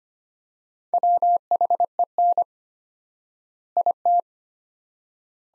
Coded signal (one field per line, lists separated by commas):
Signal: Morse code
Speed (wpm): 25 wpm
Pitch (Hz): 700 Hz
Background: none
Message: WHEN IT